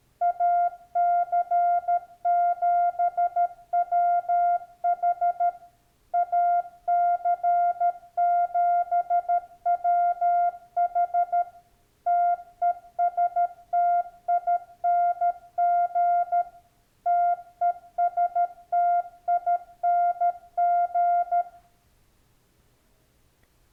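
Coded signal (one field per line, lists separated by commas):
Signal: Morse code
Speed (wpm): 13 wpm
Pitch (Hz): 700 Hz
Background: none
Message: AC7WH AC7WH TESTING TESTING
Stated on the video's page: Sent on a Yaesu FTDX10 while adjusting transmit delay time and built-in memory.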